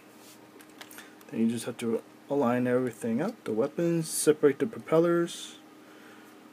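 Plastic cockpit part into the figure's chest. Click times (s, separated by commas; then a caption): 0.8 s. A plastic cockpit part is rotated down into the chest of a plastic transforming figure. A small click at 0.8 s marks it locking into place. Afterward someone talks.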